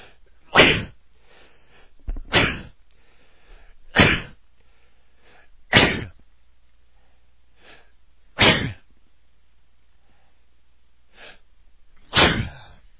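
Six abrupt, breathy sneeze-like false starts from an adult male, with soft inhalations between them, each stopping short of a full sneeze.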